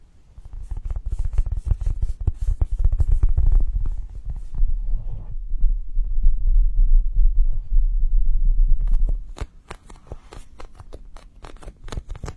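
Steady squeezing of a slow-rising squishy toy, dense crackles over a low rumble, thinning after nine seconds to sparse crisp ticks.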